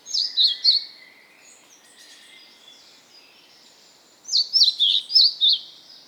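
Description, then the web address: Bird song: a couple of bright, high warbled chirps, a pause of soft faint twittering, then a quick run of five or six sharp notes. "birdsong 4 14"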